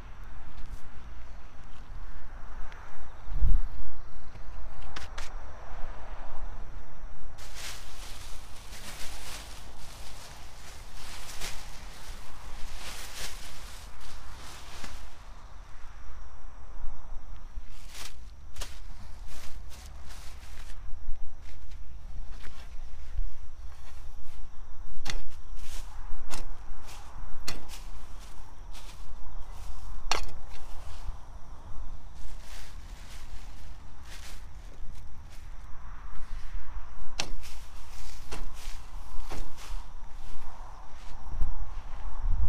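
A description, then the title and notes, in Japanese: Garlic is planted by hand, with frequent short scrapes and taps of soil, a dense stretch of rustling from about 7 to 15 seconds. A steady high insect drone and a low rumble of distant traffic run throughout. 秋の、日が暮れ始めた16時過ぎ、ニンニクの定植。穴あきマルチに棒で穴を開け、1片ずつニンニクを入れたあと、土をかけていく。秋の夕方 ニンニクの定植。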